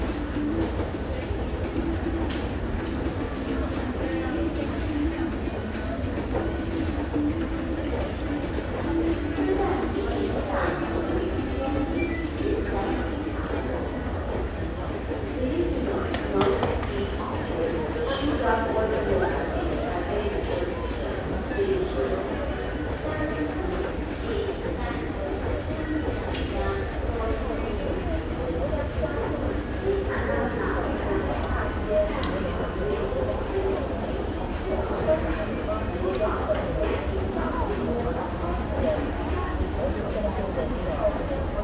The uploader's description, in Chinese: 從台北車站搭捷運上班